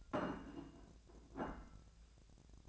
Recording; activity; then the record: daily activity, microphone in the room; place plate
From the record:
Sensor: 2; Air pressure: 1000.1 hPa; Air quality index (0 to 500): 132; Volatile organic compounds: 2 ppm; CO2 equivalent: 1124 ppm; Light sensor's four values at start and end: 25/64/27/30 and 25/64/27/30